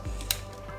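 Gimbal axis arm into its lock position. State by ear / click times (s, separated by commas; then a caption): seated / 0.3 s. A free-moving axis arm on a Zhiyun Weebill Lab gimbal is moved into its lock position, with a soft brushing sound around 0.2 s as it meets a little resistance. A sharp, short click at 0.3 s is heard as the axis lock engages, confirming the arm has locked in place, over a steady low hum.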